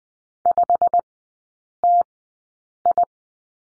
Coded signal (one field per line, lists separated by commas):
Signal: Morse code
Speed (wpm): 20 wpm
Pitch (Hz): 700 Hz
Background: none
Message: 5TI